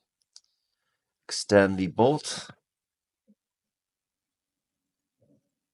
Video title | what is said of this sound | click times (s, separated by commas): DDM4 V7/V11 - assembly | You can hear it click in. | 0.4 s